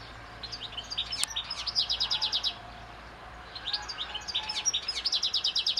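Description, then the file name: European goldfinch twittering, two bursts of rapid, bright tinkling notes separated by a short pause, with a sharp click near the start. "Carduelis carduelis"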